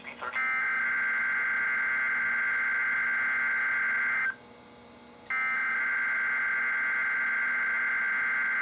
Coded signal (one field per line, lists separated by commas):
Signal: Emergency Alert System (SAME) tones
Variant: header bursts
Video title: EAS #1099-#1101: Virginia & West Virginia Statewide Tornado Drills | KHB36 & WXM42